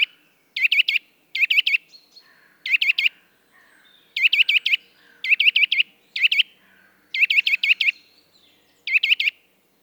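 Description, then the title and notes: Eurasian nuthatch song in bursts of four or five quick, loud, rising-falling piping notes, phrases repeated with short pauses between. Song of a sedentary bird starting to vocalise in mild winter weather; fairly common in forests, parks and small woods. "Sonothèque naturophonia. La Sittelle torche-pot (Sitta europaea)"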